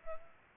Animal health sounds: mosquito wingbeat signal from an infrared sensor; Culex pipiens

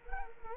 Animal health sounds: mosquito wingbeat signal from an infrared sensor; Culex quinquefasciatus

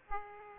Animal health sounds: mosquito wingbeat signal from an infrared sensor; Aedes aegypti

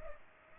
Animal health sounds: mosquito wingbeat signal from an infrared sensor; Culex pipiens

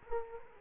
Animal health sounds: mosquito wingbeat signal from an infrared sensor; Culex quinquefasciatus

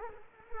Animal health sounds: mosquito wingbeat signal from an infrared sensor; Culex quinquefasciatus

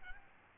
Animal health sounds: mosquito wingbeat signal from an infrared sensor; Aedes albopictus

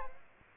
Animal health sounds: mosquito wingbeat signal from an infrared sensor; Aedes aegypti

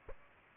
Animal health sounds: mosquito wingbeat signal from an infrared sensor; Aedes aegypti

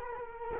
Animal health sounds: mosquito wingbeat signal from an infrared sensor; Culex quinquefasciatus

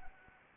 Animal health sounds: mosquito wingbeat signal from an infrared sensor; Anopheles arabiensis

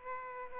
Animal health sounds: mosquito wingbeat signal from an infrared sensor; Aedes aegypti

